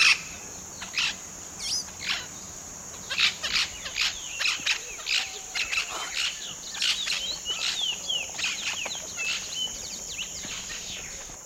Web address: Natures Songs S America Eastern Lowlands 117 Short-tailed Parrot